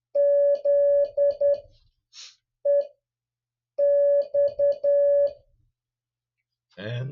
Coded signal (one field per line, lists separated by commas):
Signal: Morse code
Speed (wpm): 11 wpm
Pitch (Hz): 570 Hz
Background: speech, music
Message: ZEX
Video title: MIXED USA AND DX CALL SIGN COPY PRACTICE 10